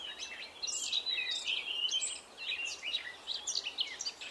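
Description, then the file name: Eurasian blackcap: lively scratchy chirps and fluty notes in rapid clusters, a short lull midway, with background hiss. "Sylvia atricapilla"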